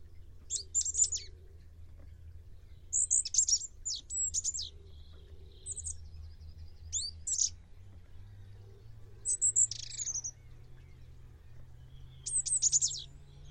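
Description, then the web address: Bird calls: clusters of thin, very high chirps and rapid trills in short bursts, over a steady low hum. "Bird Only"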